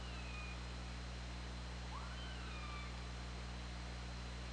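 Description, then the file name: Killer whale calls, a short high tone, then a rising and falling harmonic call near the middle, heard over a constant low hum and background hiss. OrcaLab hydrophone recording, 24 August 2017, 20:58. "Orca Lab UTLN JASON 20170824 205808"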